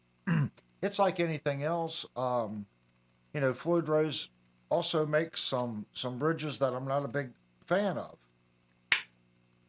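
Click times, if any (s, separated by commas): 8.9 s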